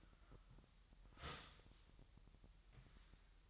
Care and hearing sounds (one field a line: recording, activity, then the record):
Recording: daily activity, microphone in the room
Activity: start toaster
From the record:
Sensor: 3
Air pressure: 1001.9 hPa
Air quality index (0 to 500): 246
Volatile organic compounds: 49 ppm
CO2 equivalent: 3288 ppm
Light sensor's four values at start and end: 13/40/17/15 and 13/40/17/15